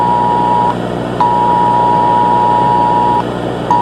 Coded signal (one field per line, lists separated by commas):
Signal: Emergency Alert System (SAME) tones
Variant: 853 and 960 Hz attention tone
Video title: BIRDIANS a EAS scenario